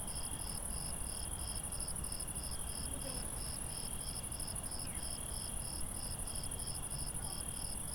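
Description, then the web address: Crickets chirping: a high steady trill runs throughout, with chirps repeating about three times a second and a fainter lower trill beneath, over a soft low rumble. Crickets at night. "IRL Recorded Night Crickets"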